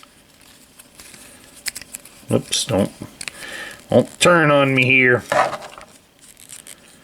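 A plastic leg piece of a Transformers Legacy Tarantulas transforming action figure is handled and adjusted toward the hole on the figure's lower leg, with light plastic ticks and taps as someone talks. Nothing has seated or snapped into place yet.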